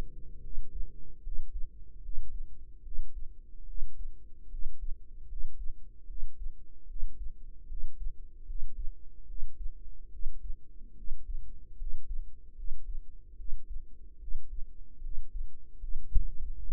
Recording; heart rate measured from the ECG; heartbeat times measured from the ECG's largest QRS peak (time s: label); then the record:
heart sounds by microphone in the right ear; 74 bpm
0.40 s: heartbeat
1.20 s: heartbeat
2.00 s: heartbeat
2.81 s: heartbeat
3.64 s: heartbeat
4.48 s: heartbeat
5.26 s: heartbeat
6.05 s: heartbeat
6.85 s: heartbeat
7.66 s: heartbeat
8.44 s: heartbeat
9.25 s: heartbeat
10.09 s: heartbeat
10.93 s: heartbeat
11.75 s: heartbeat
12.53 s: heartbeat
13.35 s: heartbeat
14.17 s: heartbeat
15.00 s: heartbeat
15.77 s: heartbeat
16.53 s: heartbeat
From the record:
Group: healthy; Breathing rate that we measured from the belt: 17 breaths a minute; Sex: female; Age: 19 years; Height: 163 cm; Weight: 48.9 kg